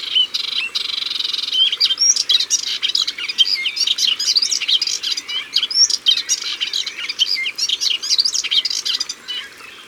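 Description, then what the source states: Melodious warbler singing a rapid, jumbled stream of sharp chips and quick slurred whistles, continuous and lively. Recorded at the water's edge.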